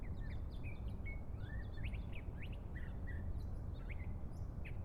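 Birds chirping: several sharp, rising and falling notes scattered throughout over a steady low rumble.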